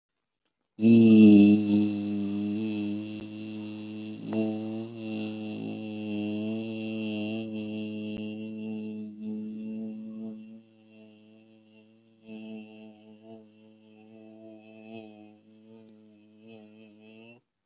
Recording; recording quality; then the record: sustained vowel as in beet; excellent, no background noise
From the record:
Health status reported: healthy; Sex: male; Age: 26 years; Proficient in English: yes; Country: India